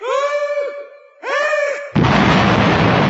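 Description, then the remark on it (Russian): Two wavering, swooping tones swell and fade, then a sudden loud explosion bursts in and roars on as a dense, rumbling blast through the final second, shaking an underground labyrinth until its walls collapse. “потряс лабиринт громкий взрыв.”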